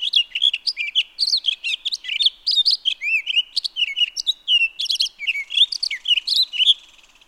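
Townsend's solitaire song: rapid, varied high warbling, fluty slurs mixed with buzzy trills, running on continuously before stopping near the end.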